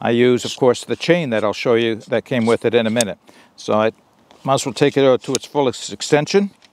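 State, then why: Not seated. Someone talks while handling the steel telescoping leg of a Naturehike camping tripod, about to pull it out to its fullest extension so the spring pop button snaps into the locking hole. Nothing has seated or clicked yet; the clip ends just before the button clicks into the extended position.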